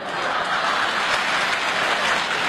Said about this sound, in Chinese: 你看爷爷奶奶们给你这么热烈鼓掌，高兴不高兴？